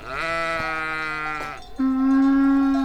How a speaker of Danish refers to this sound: Ej, hvor står det æsel derovre?